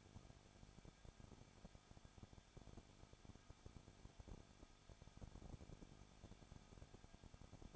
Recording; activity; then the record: daily activity, microphone in the room; no activity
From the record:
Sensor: 5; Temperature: 20.9 degrees Celsius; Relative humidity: 35.1%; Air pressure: 994.6 hPa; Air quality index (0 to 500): 153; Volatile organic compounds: 2 ppm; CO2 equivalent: 1280 ppm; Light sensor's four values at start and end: 2/3/1/1 and 2/3/1/1